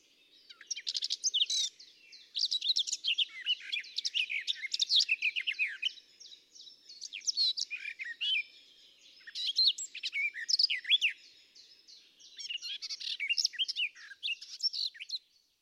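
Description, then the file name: Garden warbler song in several long, even-paced bursts of rapid warbling notes, each lasting a few seconds and separated by brief silences. "tuinfluiter"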